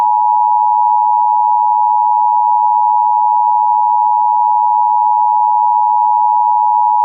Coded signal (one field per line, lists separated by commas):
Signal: Emergency Alert System (SAME) tones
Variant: 853 and 960 Hz attention tone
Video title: The Divided States of America | An EAS Scenario (READ DESC)